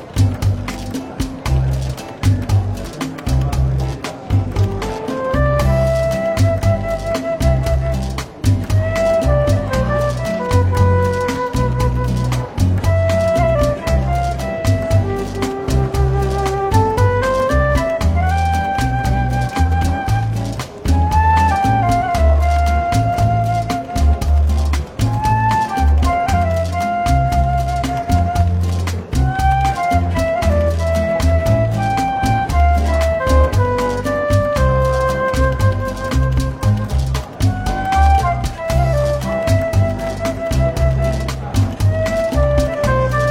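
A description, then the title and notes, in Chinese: Soft, easygoing jazz plays through a light café hubbub in a London bookshop. A melody line rises and falls in clear, sustained notes over a steady, rhythmic bass pulse for the whole stretch. Faint chatter and small clinks sit underneath, never overtaking the music. 伦敦书店咖啡馆轻微喧闹氛围与柔和轻松的爵士背景音乐。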